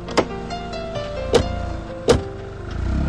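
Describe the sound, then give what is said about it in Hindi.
A car with two people aboard sets off from an airport: three sharp thuds like doors shutting over a steady mechanical hum, then a low engine rumble swells at the end as it pulls away. No one speaks. “हम दोनों गाड़ी में बैठे और एयरपोर्ट से निकले।”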